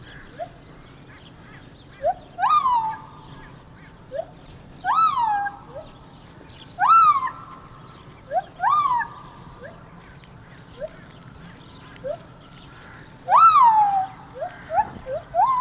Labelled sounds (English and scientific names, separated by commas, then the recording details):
Lar Gibbon (Hylobates lar)
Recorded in captivity
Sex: pair
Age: adult
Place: Tierpark Berlin, Berlin, DE
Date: 1988-03-19
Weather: sonnig, -2 bis 3°C
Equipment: Nagra SN, Kopie Tesla B 116
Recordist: Tembrock, Günter